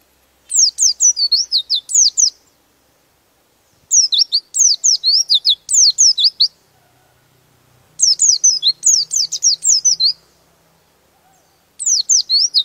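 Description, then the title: Bird song in bursts of rapid, high, sweeping whistled notes, each phrase lasting about two to three seconds and repeating every few seconds, with silence between phrases. Master recording used for training songbirds. "Master Burung Jos"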